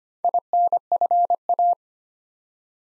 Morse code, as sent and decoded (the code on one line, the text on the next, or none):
.. -. ..-. .-
INFA